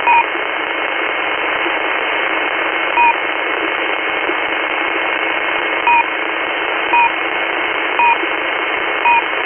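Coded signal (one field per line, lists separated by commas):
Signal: unidentified radio signal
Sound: six brief two-tone beeps at uneven intervals over steady shortwave hiss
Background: radio static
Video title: Intermittent beeping signal at 6429 kHz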